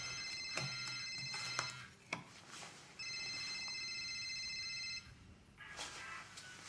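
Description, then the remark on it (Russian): A telephone on a bedside table rings in two long bursts of a bright, high electronic warble separated by a short pause, with a few light clicks and faint background noise around them. “Тумбочка, на которой звонит телефон.”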